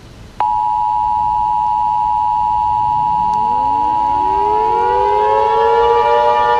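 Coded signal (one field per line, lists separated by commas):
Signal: Emergency Alert System (SAME) tones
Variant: 853 and 960 Hz attention tone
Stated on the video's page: Fictional EAS scenario; simulated alert.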